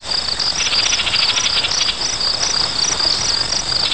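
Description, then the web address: Insects chirping, a loud continuous high shrill buzz with rapid pulsing chirps repeating several times a second, over a broad hissing background. "anasyn caracalla thesis hidden insects"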